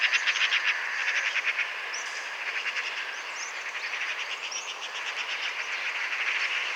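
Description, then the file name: Eurasian magpie giving a long, harsh, rattling chatter of rapid dry notes that runs almost without a break, with a few thin high chirps of other birds over it. "Pica pica"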